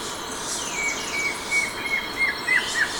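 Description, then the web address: Plain Antvireo giving a quick run of short clipped notes near the same pitch, speeding slightly toward the end, over a steady hiss of background insects. Recorded in Ecuador. "Natures Songs S America Birds of Ecuador Plain Antvireo"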